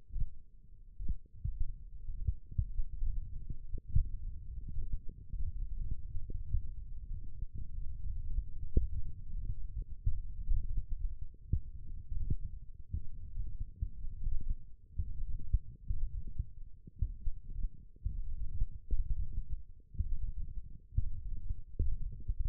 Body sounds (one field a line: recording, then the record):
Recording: forearm muscle sounds (acoustic myography)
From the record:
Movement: finger pinch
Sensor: system 1, eight BSWA MPA416 microphones around the upper forearm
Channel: 2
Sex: male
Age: 21 years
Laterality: right